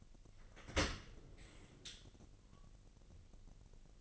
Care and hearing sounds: daily activity, microphone in the room; open dishwasher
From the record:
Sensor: 4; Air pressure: 1001.4 hPa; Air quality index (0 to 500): 249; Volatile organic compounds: 44 ppm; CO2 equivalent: 3209 ppm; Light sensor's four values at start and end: 8/18/7/6 and 8/18/7/6

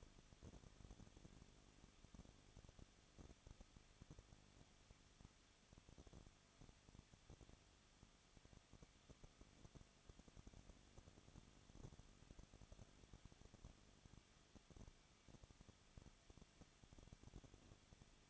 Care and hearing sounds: daily activity, microphone in the room; no activity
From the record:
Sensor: 4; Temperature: 23.0 degrees Celsius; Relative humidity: 34.3%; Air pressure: 1007.2 hPa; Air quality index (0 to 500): 218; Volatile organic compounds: 16 ppm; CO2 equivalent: 2523 ppm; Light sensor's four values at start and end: 2/3/1/1 and 2/3/1/1

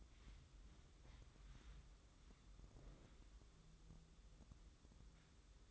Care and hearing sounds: daily activity, microphone in the room; wipe stove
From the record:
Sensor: 3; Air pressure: 996.0 hPa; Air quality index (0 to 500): 92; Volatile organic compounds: 11 ppm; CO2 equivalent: 2280 ppm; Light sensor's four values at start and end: 27/82/34/29 and 26/82/34/29

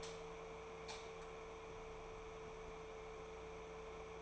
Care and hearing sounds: daily activity, microphone in the room; light on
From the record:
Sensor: 1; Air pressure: 1014.8 hPa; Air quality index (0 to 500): 186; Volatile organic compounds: 18 ppm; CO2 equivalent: 2631 ppm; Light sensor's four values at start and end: 35/88/37/45 and 39/103/43/51

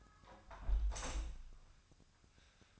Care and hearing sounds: daily activity, microphone in the room; close window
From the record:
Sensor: 2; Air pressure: 1004.5 hPa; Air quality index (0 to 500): 82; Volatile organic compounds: 1 ppm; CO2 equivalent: 975 ppm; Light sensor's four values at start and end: 6/14/5/6 and 6/14/5/6

